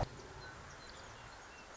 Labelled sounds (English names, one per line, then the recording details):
Song Sparrow
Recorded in Sonoma County, California